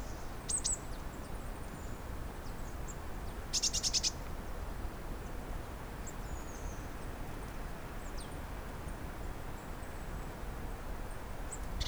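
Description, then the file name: Eurasian blue tit call: one short, rattling churr of rapid strokes, with a few thin high notes before and after over steady low background rumble. "Cyanistes caeruleus"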